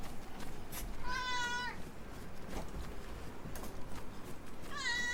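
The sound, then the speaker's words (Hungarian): A cat meows twice, a drawn-out, harmonic cry around one to two seconds in, then a second meow starting near the end, over a steady background hiss. “Mi van, cicácska? Jössz vissza? Koldulni?”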